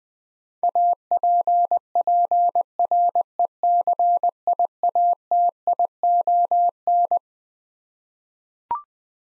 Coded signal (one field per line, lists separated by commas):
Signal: Morse code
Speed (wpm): 21 wpm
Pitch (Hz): 700 Hz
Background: none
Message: APPRECIATION